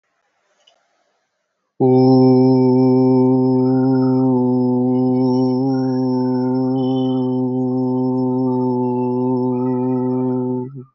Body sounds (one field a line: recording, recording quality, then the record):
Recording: sustained vowel as in boot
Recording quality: excellent, no background noise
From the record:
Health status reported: healthy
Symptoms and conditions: none ticked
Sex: male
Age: 28 years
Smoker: not ticked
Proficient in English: yes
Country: India